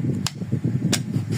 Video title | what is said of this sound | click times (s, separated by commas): FORD RANGER MAIN DOOR LATCH NOT WORKING | Ayan, nagla-lock na uli. | 0.3 s